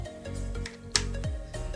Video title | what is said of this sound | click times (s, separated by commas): EACHINE EX5 HONEST REVIEW. SET UP AND TEST FLIGHT | and as we go in it's a nice fit and you'll hear a click | 1.0 s